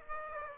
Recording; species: mosquito wingbeat signal from an infrared sensor; Aedes aegypti